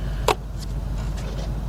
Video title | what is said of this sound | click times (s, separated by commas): Ford Explorer Aerostar Ranger Mazda B4000 Navajo Water Pump Replacement | our connector right here that just snaps right into place | 0.3 s